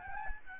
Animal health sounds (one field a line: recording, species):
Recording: mosquito wingbeat signal from an infrared sensor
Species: Aedes albopictus